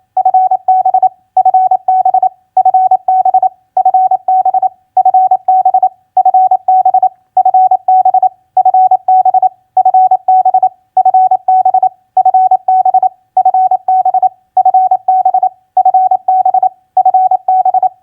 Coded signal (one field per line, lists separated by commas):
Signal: Morse code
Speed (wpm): 28 wpm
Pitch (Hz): 750 Hz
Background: none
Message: FB FB FB FB FB FB FB FB FB FB FB FB FB FB FB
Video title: Morse Code Practice QSO Elements Q5e TU-FB-CUAGN 28wpm